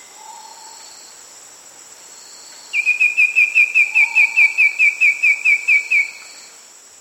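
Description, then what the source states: Allpahuayo Antbird song: a fast, even series of many short, high whistled notes at a steady pitch, with a constant high insect hum behind. South America.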